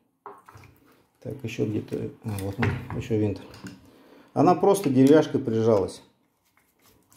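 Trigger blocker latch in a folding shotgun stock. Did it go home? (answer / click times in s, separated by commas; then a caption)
yes / 7.1 s. Someone talks while working the trigger blocker latch in the folding wooden stock of a TOZ-106 bolt-action shotgun, after the swollen wood had been cleaned up so the metal blocking piece can move. A few faint taps come near the start, speech fills the middle, and quiet handling follows. The metal blocking piece snaps into position with a short, sharp click at 7.1 s, seating the latch.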